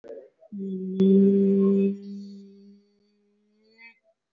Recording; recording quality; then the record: sustained vowel as in beet; excellent, no background noise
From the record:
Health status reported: respiratory illness, not identified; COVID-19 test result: not tested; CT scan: taken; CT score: 0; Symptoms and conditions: cough, cold, asthma, chronic lung disease, pneumonia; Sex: male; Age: 62 years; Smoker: no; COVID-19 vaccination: none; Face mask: not worn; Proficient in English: no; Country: India